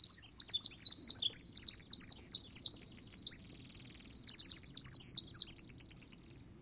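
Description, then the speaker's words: Pacific wren song: a long, rapid, high-pitched cascade of tinkling trills and warbles, pouring out without pause, with a steady buzzy trill in the middle. Song heard by humans as a blur of sound, but by the wren as a precise sequence of sounds. "Listen carefully to the song of the Pacific Wren."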